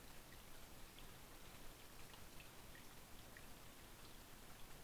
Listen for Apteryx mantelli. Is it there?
no